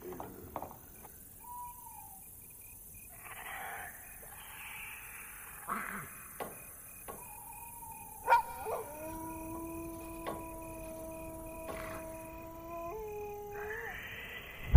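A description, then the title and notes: Eerie village ambience: a low, steady rumble with scattered knocks and clicks. Short whining calls sound early on, then from about eight seconds a long sustained tone holds, like a howl, before bending and fading near the end. Lost in the dark village Asmr ambience.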